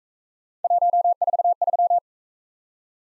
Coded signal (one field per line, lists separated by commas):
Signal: Morse code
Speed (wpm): 42 wpm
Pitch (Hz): 700 Hz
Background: none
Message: 143